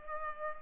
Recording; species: mosquito wingbeat signal from an infrared sensor; Culex pipiens